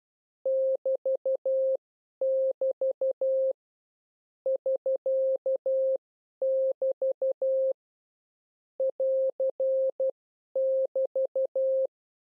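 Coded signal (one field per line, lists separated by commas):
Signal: Morse code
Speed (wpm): 12 wpm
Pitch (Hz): 530 Hz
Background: none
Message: <BT><BT> <SK><BT> <AR><BT>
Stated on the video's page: CW learning lesson on the prosigns AR, SK and BT.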